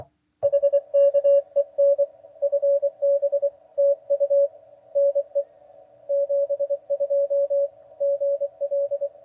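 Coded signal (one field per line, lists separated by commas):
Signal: Morse code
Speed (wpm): 25 wpm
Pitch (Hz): 560 Hz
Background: none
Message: HKEN FB TU NE 72 GL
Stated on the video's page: Morse heard while hunting park (POTA) activations on 20m with the Pebble HF QRP radio kit.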